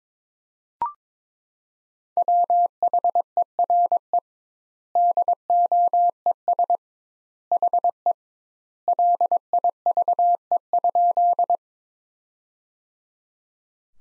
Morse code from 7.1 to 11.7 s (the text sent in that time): HE LIVE?